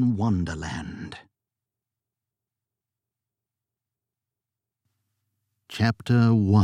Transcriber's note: UK Accent